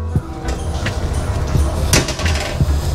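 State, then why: Seated. The kickstand on a heavy-duty bike's frame is put down, which also locks the handlebar so it cannot turn. A softer tick comes at 0.9 s, then a sharp metal clack at 1.9 s as the stand locks into place, and the handlebar is now held fast.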